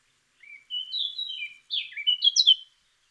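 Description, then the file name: Eurasian blackcap warble: a short run of clear, whistled notes sliding up and down, ending in a few louder, bright chirps. "Sylvia atricapilla"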